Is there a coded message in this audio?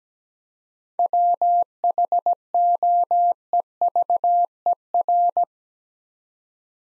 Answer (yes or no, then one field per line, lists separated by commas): yes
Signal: Morse code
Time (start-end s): 1.0-5.4 s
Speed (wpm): 17 wpm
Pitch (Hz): 700 Hz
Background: none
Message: WHOEVER